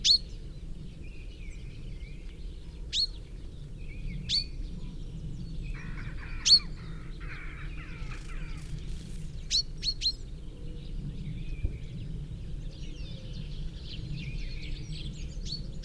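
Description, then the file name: Common chaffinch calls: single sharp high notes spaced a few seconds apart, heard over steady low rumble, with softer twittering and chattering in between. "Fringilla coelebs"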